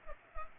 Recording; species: mosquito wingbeat signal from an infrared sensor; Culex pipiens